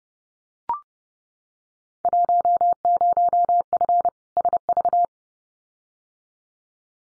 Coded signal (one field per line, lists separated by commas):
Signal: Morse code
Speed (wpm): 30 wpm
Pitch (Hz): 700 Hz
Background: none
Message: 10F SV